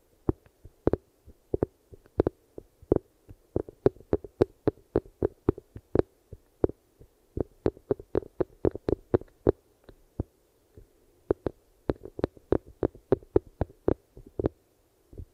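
Eardrum massage sounds: sharp irregular taps and clicks in quick clusters over a steady low hum, with a brief pause near ten seconds.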